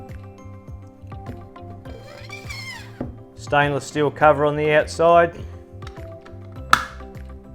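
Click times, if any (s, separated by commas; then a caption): 6.7 s. With music playing underneath and someone talking, the top cap is pushed onto the housing of an Alkaway Ultrastream benchtop water filter, after the new cartridge and the stainless steel outer cover have been fitted. A single loud, sharp click rings out at 6.7 s as the cap clicks into place and seats.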